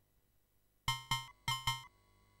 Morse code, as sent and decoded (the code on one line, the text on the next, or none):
none